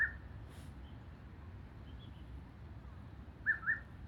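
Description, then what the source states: Grey-sided scimitar babbler with a single note at the start, then a paired hoot near the end after a quiet gap, over low rumble. Recorded 2022-02-08.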